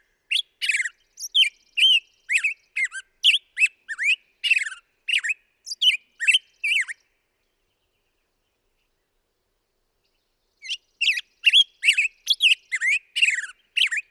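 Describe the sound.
Black-headed grosbeak song: a long series of fast, bouncy whistled notes rising and falling, a pause of a few seconds, then another similar burst of warbling.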